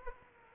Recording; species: mosquito wingbeat signal from an infrared sensor; Aedes aegypti